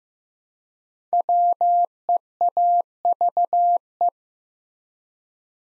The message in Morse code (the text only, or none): WEAVE